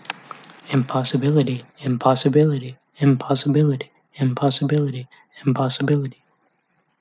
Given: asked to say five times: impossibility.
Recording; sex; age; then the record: repeated word; male; 20 to 29 years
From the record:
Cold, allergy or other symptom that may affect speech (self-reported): no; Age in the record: 25 years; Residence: Texas, United States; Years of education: 16